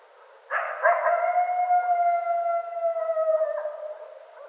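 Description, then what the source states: Coyote: after a brief quiet moment, a coyote gives a few quick yips, then a long smooth sustained howl that ends with a short break in the voice. Coyotes, plural, recorded 25 January 2013.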